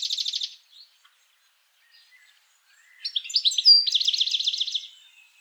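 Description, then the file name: European goldfinch giving a short buzzy trill, then after a pause a burst of liquid twittering notes running into a fast, rattling buzz. "Carduelis carduelis"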